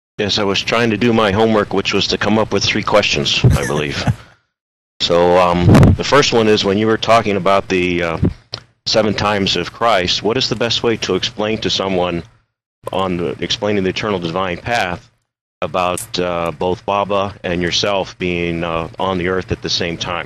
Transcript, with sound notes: Yes, I was trying to do my homework, which was to come up with three questions, I believe [laughter] The first one is, when you were talking about the seven times of Christ, what is the best way to explain to someone, on explaining the Eternal Divine Path, about both Baba and yourself being on earth at the same time?